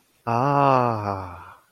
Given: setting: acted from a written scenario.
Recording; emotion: vocal sound without words; adoration